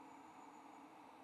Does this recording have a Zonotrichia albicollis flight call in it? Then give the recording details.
no. No flight call is heard. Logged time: 05:16 on 29 November 2014